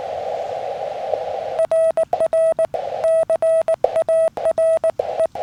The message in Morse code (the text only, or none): RR CARE